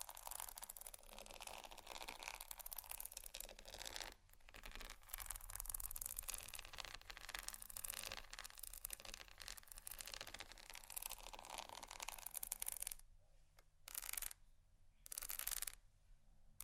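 Scratching over bumpy items makes a dense, gritty rasping that runs nearly without pause for the first thirteen seconds, with brief dips near four and fourteen seconds. After that it breaks into short separate bursts with silent gaps between them.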